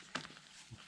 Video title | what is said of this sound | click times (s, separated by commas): 8 MILE TEMPO RUN IN NIKE TEMPO ZOOM EASY FLY ,AND SHOE REVIWE | you do, you give that a quick pull. You hear audible click, and that's the shoe tightened | 0.2 s